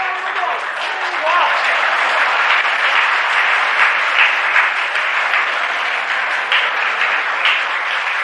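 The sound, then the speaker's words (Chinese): A large crowd of spectators at a table tennis match gives a standing ovation for Zhuang Zedong, bursting into sustained applause and cheering of "China, Zhuang Zedong", a dense, steady roar of clapping that stays loud for the full stretch without letting up. “各位听众，庄则栋的高超球艺、充沛的体力、顽强的战斗意志和他惊人的速度，再一次博得了全场观众的起立欢呼：中国，庄则栋，庄则栋，中国！”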